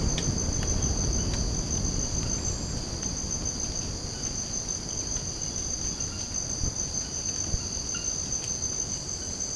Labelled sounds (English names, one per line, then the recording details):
none
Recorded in secondary vegetation near Puerto Asís, Putumayo, Colombia, on 19 March 2025 at 02:00
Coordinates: 0.481, -76.318
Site G097